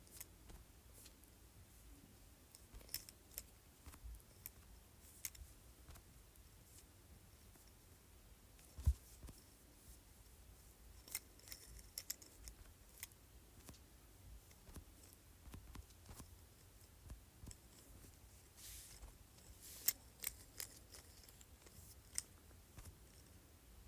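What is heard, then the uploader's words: A jade roller makes soft, irregular clicks and brief scraping ticks over a low hum, with sharper knocks near nine and twenty seconds. ASMR Jade Roller.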